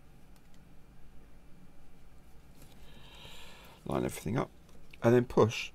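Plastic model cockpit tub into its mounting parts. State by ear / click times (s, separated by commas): not seated / none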